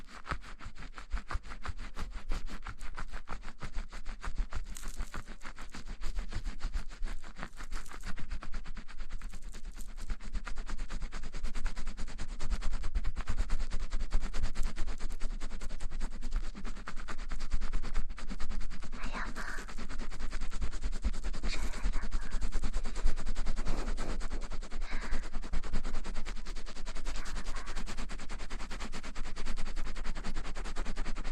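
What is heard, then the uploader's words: Fast scratching and rubbing of a scalp during a shampoo wash, a dense crackling stream of tiny clicks that runs almost without pause for the whole stretch. The pace stays quick and even, growing slightly louder after the midpoint, with brief wetter squishes around twenty seconds. Shampoo wash hair 头部按摩 泡沫触发音 轻语 快速抓头皮.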